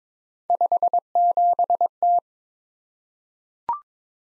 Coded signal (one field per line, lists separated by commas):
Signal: Morse code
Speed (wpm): 21 wpm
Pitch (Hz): 700 Hz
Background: none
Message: 57T